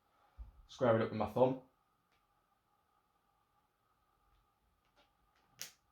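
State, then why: Seated. Someone talks while squaring a threaded ball retainer with a thumb against a Vitavon aluminium hub carrier on a Kraton 6S RC car. After a quiet stretch, the retainer is turned back and gives a short, sharp click at 5.6 s. That click shows the retainer has seated in the thread start with the threads lined up.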